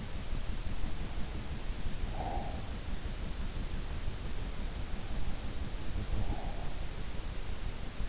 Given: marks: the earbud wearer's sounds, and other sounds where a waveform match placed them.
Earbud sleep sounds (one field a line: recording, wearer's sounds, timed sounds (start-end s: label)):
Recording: sounds in sleep by an in-ear microphone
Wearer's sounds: breath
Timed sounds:
1.68-2.90 s: breath
5.72-7.19 s: breath